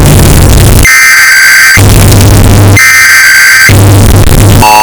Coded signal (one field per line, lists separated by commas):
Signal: Emergency Alert System (SAME) tones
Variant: header bursts